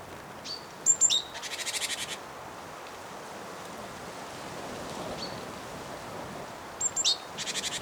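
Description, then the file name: Great tit calls: thin high whistled notes sliding downward, some followed by a dry buzzy rattle of rapid clicks, the pattern heard twice against steady faint background hiss. "Parus major"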